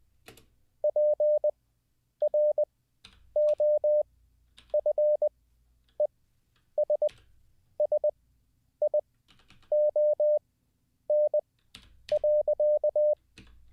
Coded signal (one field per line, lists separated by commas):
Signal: Morse code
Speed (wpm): 20 wpm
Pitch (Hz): 600 Hz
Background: none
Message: PROFESSION.